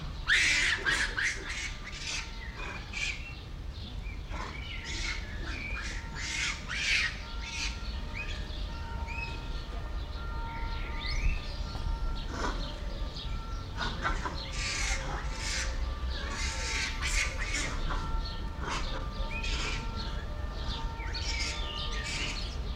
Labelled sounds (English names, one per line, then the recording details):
Brown Lemur
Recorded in captivity
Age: adult
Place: Zoo Berlin, Berlin, DE
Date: 1994-05-28 10:28
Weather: bedeckt, 12-15°C
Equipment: Marantz CP 430, Sennheiser ME 80, Kopie Uher Variocord 263
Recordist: Tembrock, Günter